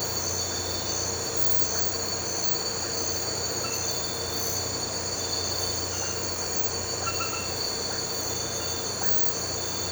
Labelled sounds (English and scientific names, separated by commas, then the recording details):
none
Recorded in pastures near Puerto Asís, Putumayo, Colombia, on 9 March 2025 at 02:00
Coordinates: 0.466, -76.322
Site CSA-02